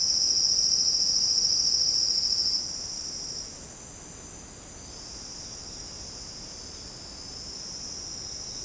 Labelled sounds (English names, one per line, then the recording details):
none
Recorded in secondary vegetation near Puerto Asís, Putumayo, Colombia, on 8 March 2025 at 09:00
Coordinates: 0.485, -76.322
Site G040